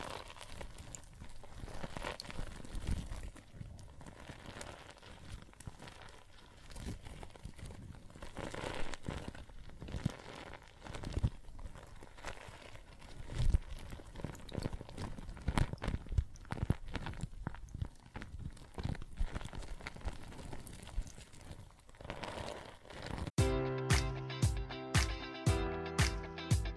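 Soapy water and foam fizz and crackle steadily, with dense, irregular pops and bursts of bubbles for most of the clip. Near the end it cuts abruptly to a different sound: a regular, pulsing pattern of steady tones repeating several times a second.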